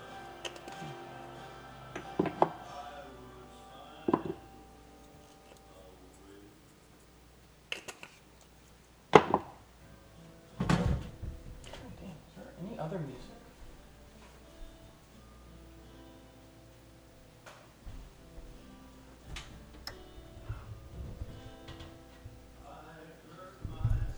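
Someone cooks a frozen pizza amid kitchen activity: sharp knocks, clatters and chopping sounds come irregularly, with the loudest bangs around nine and eleven seconds. Brief voices appear now and then over a low steady hum, and a scrape closes the clip.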